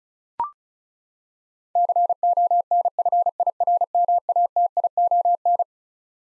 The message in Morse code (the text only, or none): CONFIRMATION